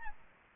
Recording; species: mosquito wingbeat signal from an infrared sensor; Aedes albopictus